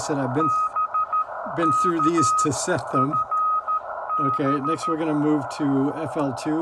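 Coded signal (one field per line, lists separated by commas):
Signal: Morse code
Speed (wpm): 13 wpm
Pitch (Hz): 1260 Hz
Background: speech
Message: BK FB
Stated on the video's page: CW from a K2 transceiver with no options, heard during and after filter calibration.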